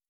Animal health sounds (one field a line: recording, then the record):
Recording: hydrophone in a shrimp aquaculture tank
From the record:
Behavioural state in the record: starved